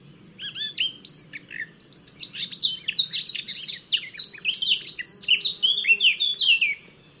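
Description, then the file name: Eurasian blackcap song: quiet twittering at first, building into a loud, rich warble of quick slurred whistles and scratchy notes, then ending abruptly; faint low hum underneath. "Sylvia atricapilla"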